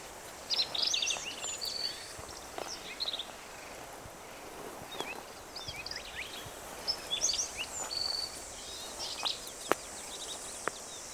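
Black-capped vireo song: short, varied chattering and squeaky phrases in several bursts, separated by pauses, over a steady high hiss.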